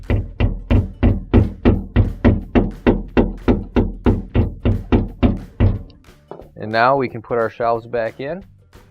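A refrigerator shelf is being put back into its shelf supports after the front crisper support (241993101, AP4427109, PS2358880) has been replaced. A steady series of sharp thunks about every 0.3 seconds fills the first six seconds, then someone talks. Nothing has seated or clicked into place yet.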